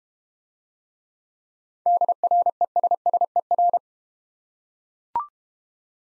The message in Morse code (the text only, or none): DRESSER